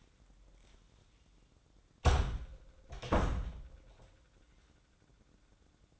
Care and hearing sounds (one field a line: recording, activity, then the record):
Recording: daily activity, microphone in the room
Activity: close door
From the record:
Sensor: 3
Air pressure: 1012.3 hPa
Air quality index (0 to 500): 174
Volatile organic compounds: 3 ppm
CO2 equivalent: 1333 ppm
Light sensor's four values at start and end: 602/1498/620/638 and 610/1518/629/647